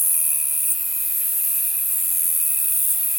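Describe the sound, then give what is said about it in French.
A keeled saddle bush-cricket (Éphippigère carénée, Ephippiger) sings in waves among reeds and small bushes, a high, hissing buzz that runs steadily through the whole stretch with only slight swells in intensity; no one speaks over it. “C'est l'Ephippigère carénée. Donc elle chante en vagues comme ça, c'est très très beau dans les roseaux, dans les petits buissons.”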